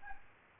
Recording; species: mosquito wingbeat signal from an infrared sensor; Aedes albopictus